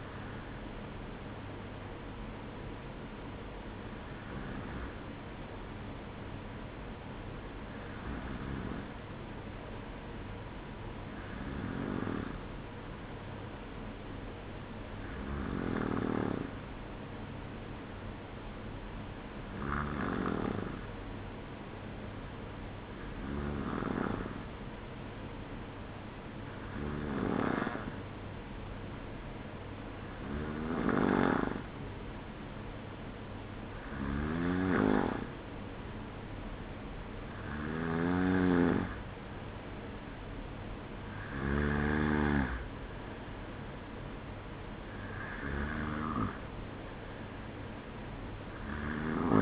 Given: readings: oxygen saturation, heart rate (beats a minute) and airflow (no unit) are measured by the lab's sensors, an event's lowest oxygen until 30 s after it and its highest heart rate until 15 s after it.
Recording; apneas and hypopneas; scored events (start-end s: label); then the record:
breathing in sleep by a voice recorder at the bedside; none
none scored
From the record:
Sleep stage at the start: N2 (light sleep); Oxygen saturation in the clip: 93 to 95%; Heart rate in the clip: 53 to 55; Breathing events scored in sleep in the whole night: 305 in 9.6 hours asleep